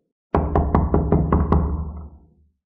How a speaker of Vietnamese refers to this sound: Không lâu sau, cửa sân vang lên tiếng đập cửa.